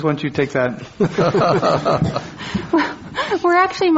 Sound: laughter

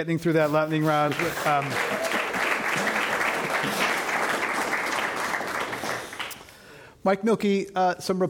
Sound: applause

